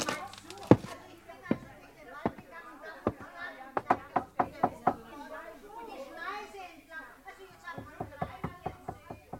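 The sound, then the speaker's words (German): Sharp knocks rap in vain on the front door of a beautiful old half-timbered house in irregular bursts, a few spaced single raps, then a quick cluster, then more scattered knocks, with faint voices murmuring in the background. “Es war ein schönes altes Fachwerkhaus, an dessen Haustür ich vergeblich geklopft hatte.”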